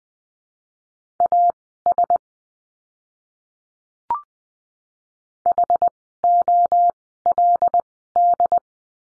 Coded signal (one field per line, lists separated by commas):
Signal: Morse code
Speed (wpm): 20 wpm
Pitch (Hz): 700 Hz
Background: none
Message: AS HOLD